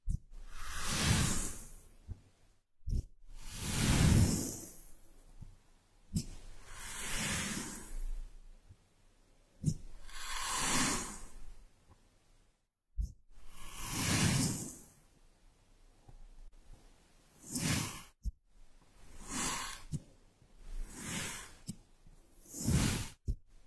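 Kinetic sand being worked, giving soft, grainy rustling swishes. About eight long swells come at a fairly regular pace, roughly every three seconds, each with a dull low thud beneath the hiss. Brief sharp clicks and short pauses fall between strokes.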